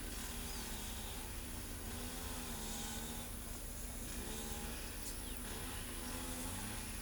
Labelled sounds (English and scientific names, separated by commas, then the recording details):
none
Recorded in pastures near Pivijay, Magdalena, Colombia, on 2 June 2023 at 10:00
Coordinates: 10.456, -74.369
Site P6-G026